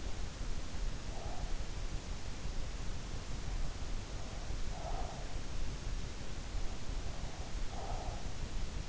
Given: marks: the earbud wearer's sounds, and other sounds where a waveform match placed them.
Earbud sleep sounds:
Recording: sounds in sleep by an in-ear microphone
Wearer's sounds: breath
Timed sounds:
1.22-2.38 s: breath
4.70-5.97 s: breath
7.63-8.89 s: breath

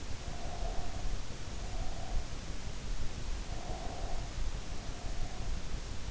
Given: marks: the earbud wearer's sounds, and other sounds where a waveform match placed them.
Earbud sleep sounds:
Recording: sounds in sleep by an in-ear microphone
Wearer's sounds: breath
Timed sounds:
0.23-2.42 s: breath
3.46-5.54 s: breath

